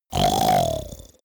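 A single rough, rattling snore from an adult, lasting about one second, loud at the start and fading with a fluttering low buzz at the end: a human body-noise sound effect.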